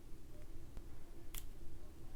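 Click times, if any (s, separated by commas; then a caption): 1.4 s. A watch band piece is slid sideways into the band slot on an Apple Watch case until it locks. Against a low steady hum, a faint tick comes at 0.8 s, then a sharper, louder click at 1.4 s as the band locks into place.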